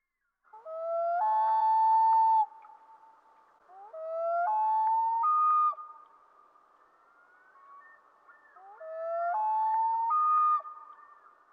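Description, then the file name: Common loon yodel calls, three loud phrases each rising in a swooping step then holding a long ringing note, repeated at intervals of about three to five seconds with quieter wailing between. "dan gibsons solitudes common loon"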